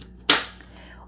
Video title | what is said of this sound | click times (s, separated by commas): How To Change Brother Toner Cartridge - TN760 | once you hear it snap you know it's good to go | 0.3 s